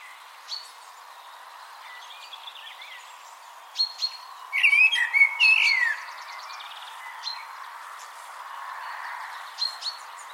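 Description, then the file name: Eurasian blackbird delivering one short fluty phrase with a sliding whistle and a squeaky tail, amid faint scattered high chirps. "Turdus merula"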